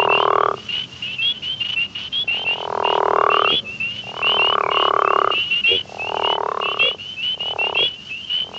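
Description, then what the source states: True frog giving repeated buzzy droning croaks of varying length, overlaid by steady higher chirps throughout. Frog of the family Ranidae.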